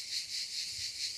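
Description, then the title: Cicada song: a sizzling high buzz, beating in regular surges several times a second, without other sounds. "cigales"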